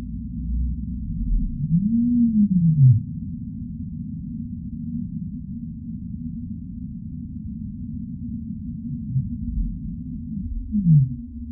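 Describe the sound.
Whale call: a smooth low arching moan that rises then falls near two seconds, with a shorter falling moan near eleven seconds, over steady deep rumble.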